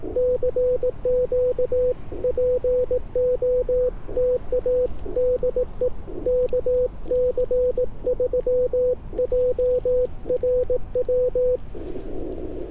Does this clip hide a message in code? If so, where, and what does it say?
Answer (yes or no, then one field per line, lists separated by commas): yes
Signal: Morse code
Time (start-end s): 0.2-11.6 s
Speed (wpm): 18 wpm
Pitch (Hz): 500 Hz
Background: none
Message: CQ POTA DE KC3JRW